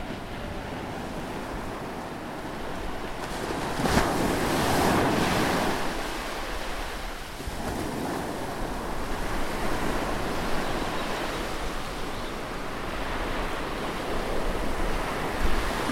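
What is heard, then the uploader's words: Waves roll in at the beach, a steady rush of surf with a low, rumbling wash underneath. A bigger wave breaks around four to six seconds, brightening and swelling the hiss before it settles back. Wind buffets the microphone throughout. Escape to the beach.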